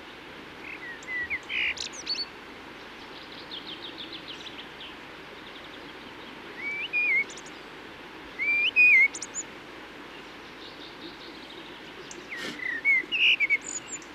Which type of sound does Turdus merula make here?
song